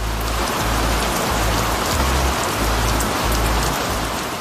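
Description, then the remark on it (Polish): Steady, dense rain pours down in a continuous hiss, with a low rumbling undertone throughout and no voices. “Pogoda deszczowa, wielu godzin.”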